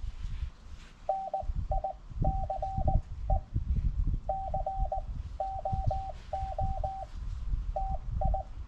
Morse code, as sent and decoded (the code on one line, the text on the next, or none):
-. .. -.-. . / -.-. --- --- / - ..
NICE COO TI